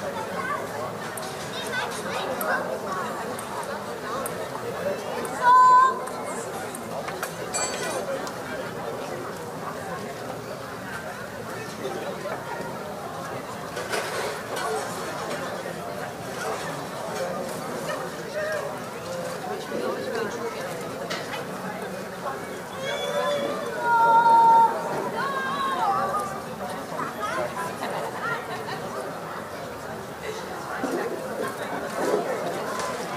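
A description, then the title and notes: Children at play on a summer evening, with steady overlapping chatter and voices throughout, and brief high squeals near six and twenty-four seconds. Audio Journeys of Berlin: Summer Evening Joy and Child Play. Step into a blissful summer evening in Berlin with this immersive audio journey.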